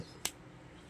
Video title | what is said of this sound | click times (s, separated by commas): คันเบ็ดไม้ไผ่ เทคนิคทำเบ็ดปักปลาช่อน ปลาหลายชนิด เทคนิคทำเบ็ดให้สวย เหนียว ทด หมาน สูตรโบราณ | เข้าล็อคเลยครับอยู่เลยคอกเสียงค็อกเมื่อกี้นี้ | 0.2 s